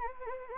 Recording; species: mosquito wingbeat signal from an infrared sensor; Anopheles gambiae